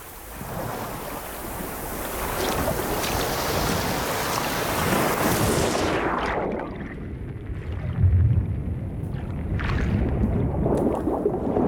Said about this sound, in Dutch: Er wordt veel wetenschappelijk onderzoek gedaan naar de geluiden in de zee. Kunnen we vissen herkennen aan het geluid dat ze maken? En hoe klinkt dat geluid dan? Nou, zo.